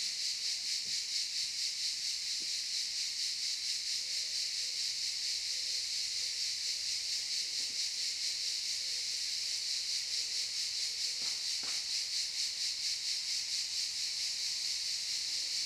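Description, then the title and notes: Cicadas produce a constant loud high buzz with rhythmic pulsing, with a few faint clicks and soft low tones beneath. Cicadas in the pine forest of a campsite at Albinia, Grosseto, Tuscany, Italy. "Camping Africa, Via Aurelia, Albinia, Grosseto, Toscana, 58015, Italia - Cicale nel campeggio. Cicale nella pineta del campeggio. Cicadas in the pine forest of the campsite"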